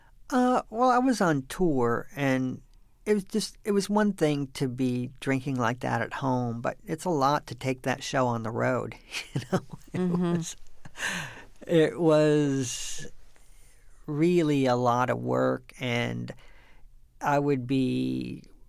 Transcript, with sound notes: Well, I was on tour. And it was just - it was one thing to be drinking like that at home. But it's a lot to take that show on the road, you know (laughter)? It was really a lot of work. And I would be,